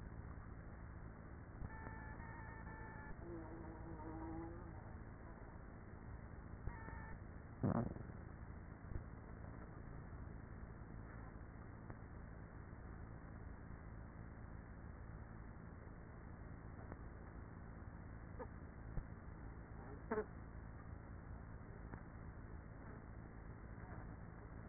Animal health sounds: honeybee colony, microphone inside the hive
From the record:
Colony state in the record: queenless with a low population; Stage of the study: after two queens were removed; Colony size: about 30,000 bees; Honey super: no

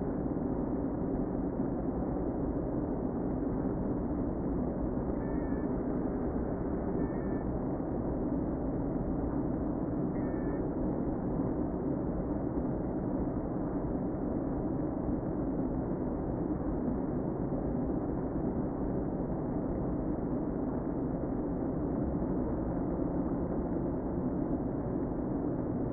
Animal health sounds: honeybee colony, microphone inside the hive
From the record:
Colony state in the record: queen present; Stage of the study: before two queens were removed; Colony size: about 60,000 bees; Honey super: yes

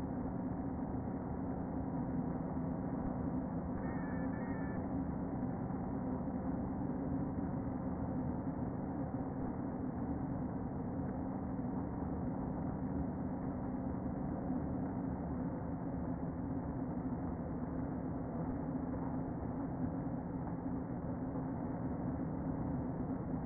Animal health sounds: honeybee colony, microphone inside the hive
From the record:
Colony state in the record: queen present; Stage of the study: before two queens were removed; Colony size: about 60,000 bees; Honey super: yes

